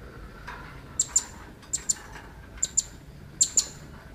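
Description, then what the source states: Blue-crowned hanging parrot calls: very high, sharp double chips, given in four pairs spaced under a second apart, over a quiet background. Female call.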